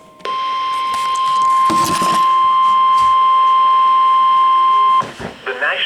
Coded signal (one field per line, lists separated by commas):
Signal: Emergency Alert System (SAME) tones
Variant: 1050 Hz attention tone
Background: speech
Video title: 9/8/2021: Tornado Warning (EAS #463)